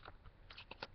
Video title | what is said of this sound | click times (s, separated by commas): marvel legends movie lizard!!!! | so they click right in there | 0.7 s, 0.8 s